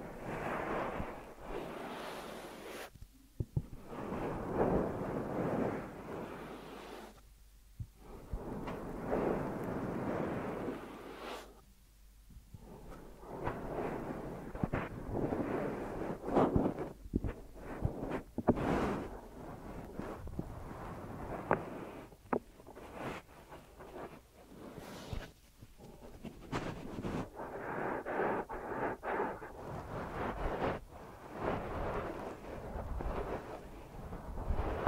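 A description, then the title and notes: Deep ear massage sounds: dense, muffled rubbing in long swells, pausing briefly near 3, 7, 12 and 25 seconds, with occasional sharp crackles. ASMR Deep Ear Massage for Sleep(No Talking).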